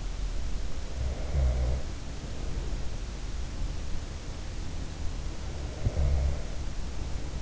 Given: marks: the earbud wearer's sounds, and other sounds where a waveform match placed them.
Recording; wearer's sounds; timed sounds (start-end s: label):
sounds in sleep by an in-ear microphone; snoring breath
0.66-3.59 s: snoring breath
5.12-7.42 s: snoring breath